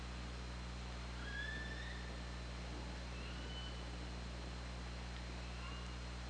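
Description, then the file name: Killer whale whistles, several faint thin rising and falling tones heard one after another over a steady low underwater hum. Recorded on the OrcaLab hydrophone, 24 August 2017 at 21:36:46. "Orca Lab UTLN JASON 20170824 213646"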